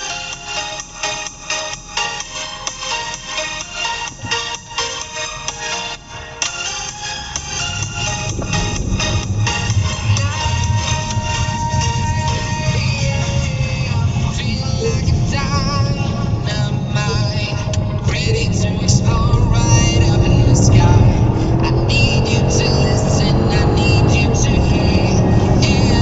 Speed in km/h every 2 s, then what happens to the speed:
0, 0, 3, 18, 31, 34, 34, 45, 55, 71, 87, 109, 129.
0-3 standing. 3-26 pulls away to 129.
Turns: 8-15.